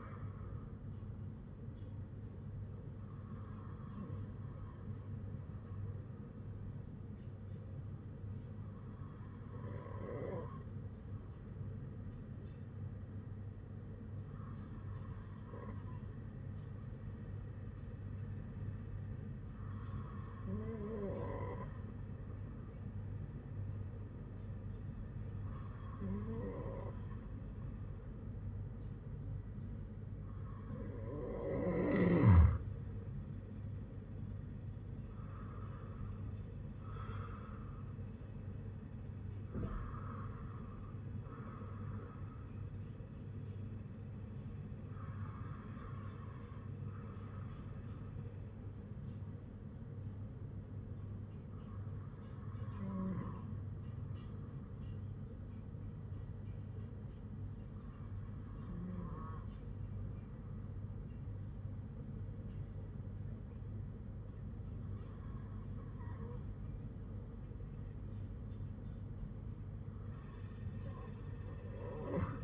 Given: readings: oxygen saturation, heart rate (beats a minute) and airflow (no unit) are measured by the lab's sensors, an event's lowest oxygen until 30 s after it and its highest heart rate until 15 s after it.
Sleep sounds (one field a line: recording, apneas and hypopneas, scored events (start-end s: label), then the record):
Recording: breathing in sleep by a smartphone at the bedside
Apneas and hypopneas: 1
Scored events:
4.00-31.60 s: hypopnea (N2, oxygen 98% highest, then 95% lowest, heart rate 54 at the start, 62 highest)
From the record:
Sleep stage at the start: N2 (light sleep)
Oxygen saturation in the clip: 94 to 98%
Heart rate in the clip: 53 to 62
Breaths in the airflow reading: 12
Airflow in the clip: -7.3 to 8.5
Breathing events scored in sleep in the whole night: 182 in 7.4 hours asleep